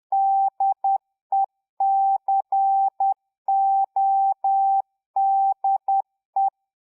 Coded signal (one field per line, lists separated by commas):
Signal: Morse code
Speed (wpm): 10 wpm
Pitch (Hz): 780 Hz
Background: none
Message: DECODE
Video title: Ham Radio - Learning Morse code, three things to avoid for better sending